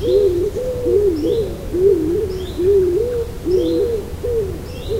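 Stock Dove giving deep, hollow, owl-like coos in a steady series about once a second, each note swelling and dipping, over soft background hiss and faint higher calls.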